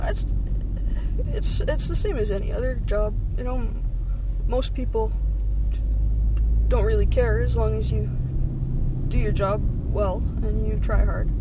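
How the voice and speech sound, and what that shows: Adult woman who stutters repeats "it's" with a stretched start and long silent pauses mid-sentence, over the rumble of a moving car.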